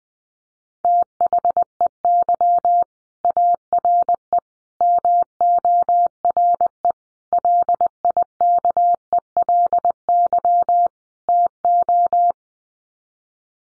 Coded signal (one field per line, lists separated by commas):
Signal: Morse code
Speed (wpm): 20 wpm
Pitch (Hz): 700 Hz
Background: none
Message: THEY ARE MORE LIKELY TO